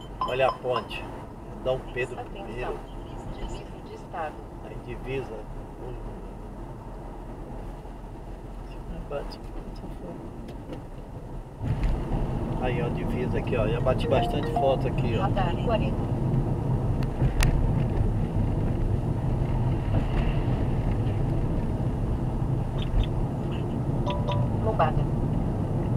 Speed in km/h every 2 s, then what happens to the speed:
67, 66, 65, 63, 57, 55, 53, 51, 49, 47, 48, 51, 53.
0-18 slows to 47. 18-26 speeds up to 53.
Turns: none.